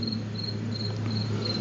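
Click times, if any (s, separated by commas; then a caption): none. On a 2001-2007 V6 Dodge Caravan, Grand Caravan, Town & Country or Voyager, the electrical connector has been plugged back onto the air intake temperature sensor on the plastic air box, and its locking tab is about to be pushed back down into place. A steady low hum and a repeating high, chirp-like tone run throughout, with a few faint ticks near 0.0, 0.1, 0.8 and 1.1 s. Nothing has seated or clicked yet.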